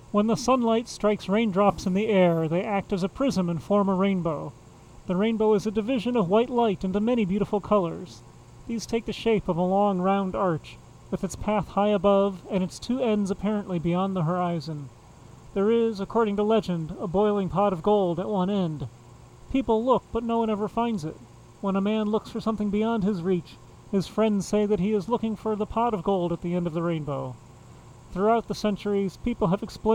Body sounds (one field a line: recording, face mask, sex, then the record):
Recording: reading aloud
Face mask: surgical mask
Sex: male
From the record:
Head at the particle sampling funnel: facing it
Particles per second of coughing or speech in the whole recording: 0.0544